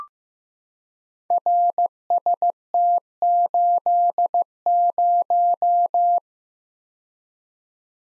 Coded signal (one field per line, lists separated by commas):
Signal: Morse code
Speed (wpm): 15 wpm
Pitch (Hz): 700 Hz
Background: none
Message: RST80